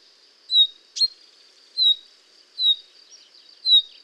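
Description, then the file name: Common chaffinch calls: several sharp, downward-slurred high notes, with one click early on and a steady high hum behind. "Fringilla coelebs"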